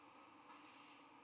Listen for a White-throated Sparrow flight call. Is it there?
no